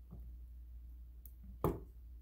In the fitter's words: push it in kind of with your nail to hear it click there